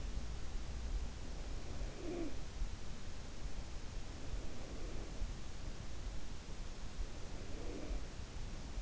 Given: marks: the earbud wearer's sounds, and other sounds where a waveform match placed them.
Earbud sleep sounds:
sounds in sleep by an in-ear microphone; breath, talking in sleep
1.18-3.10 s: breath
1.94-2.56 s: talking in sleep
3.87-5.75 s: breath
6.81-8.82 s: breath

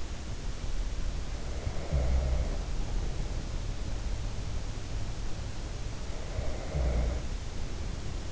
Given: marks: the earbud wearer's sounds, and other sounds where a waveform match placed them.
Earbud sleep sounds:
sounds in sleep by an in-ear microphone; snoring breath, breath
1.13-3.51 s: snoring breath
2.92-6.93 s: sound from someone else or the room
5.99-8.32 s: breath

